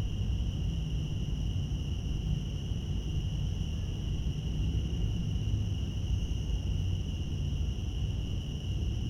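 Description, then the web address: Continuous high-pitched cicada buzzing runs without pause beneath strong low-frequency rumble and hum. Cicadas in Central Park. "lynne-publishing Central Park cicadas"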